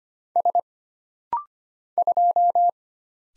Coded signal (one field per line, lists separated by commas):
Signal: Morse code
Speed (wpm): 25 wpm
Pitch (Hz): 700 Hz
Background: none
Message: S 2